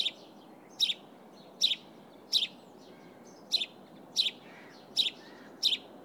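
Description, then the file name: House sparrow chirp series: eight emphatic, slightly doubled chirps at a fairly steady pace, with background hiss. "Passer domesticus"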